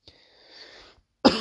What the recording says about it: I've got a barking cough at the moment it's very much that tickly bit at the end of illness.